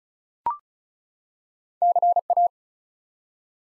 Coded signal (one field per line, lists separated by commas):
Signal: Morse code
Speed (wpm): 36 wpm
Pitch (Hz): 700 Hz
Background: none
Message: CA